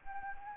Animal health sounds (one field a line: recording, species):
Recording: mosquito wingbeat signal from an infrared sensor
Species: Anopheles gambiae